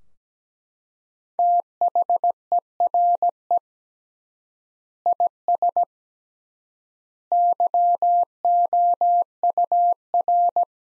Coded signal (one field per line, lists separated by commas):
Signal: Morse code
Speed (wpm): 17 wpm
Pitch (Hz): 700 Hz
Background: none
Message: THERE IS YOUR